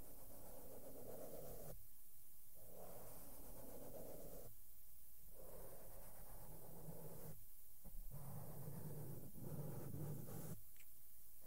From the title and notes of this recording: ASMR SOFT SOUNDS WITH MAKEUP BRUSHES ON MIC AND MICROPHONE TOUCHING. NO TALKING.